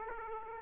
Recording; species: mosquito wingbeat signal from an infrared sensor; Aedes aegypti